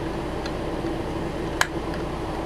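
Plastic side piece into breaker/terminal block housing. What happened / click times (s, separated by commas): The plastic side piece snapped into place / 1.6 s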